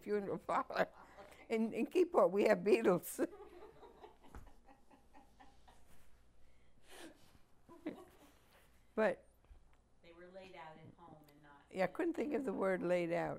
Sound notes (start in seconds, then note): 0.9 laughs; 7.6 laughs